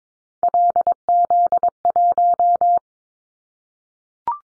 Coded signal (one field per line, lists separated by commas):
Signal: Morse code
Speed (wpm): 22 wpm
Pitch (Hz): 700 Hz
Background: none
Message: LZ1